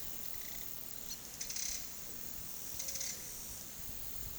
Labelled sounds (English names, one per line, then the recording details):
none
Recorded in pastures near Puerto Asís, Putumayo, Colombia, on 19 February 2024 at 10:00
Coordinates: 0.466, -76.323
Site G6384